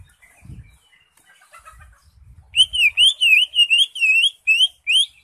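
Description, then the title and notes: Greater Green Leafbird song, a fast series of looping whistled notes after soft scattered chips. Used as a training recording (masteran) for caged birds. "Suara Burung Cucak Ijo. mantap buat masteran burung cak ijo"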